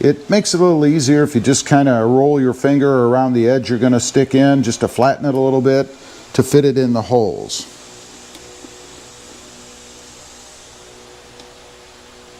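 Someone talks while handling a plastic push-pin retainer, rolling a finger around its edge to flatten it before pressing it into a hole on the engine bay intake cover during a Banks intake install on a Tacoma SR5. After the talking stops around 7.6 s, only a quiet, steady background hum remains. Nothing has seated or clicked yet.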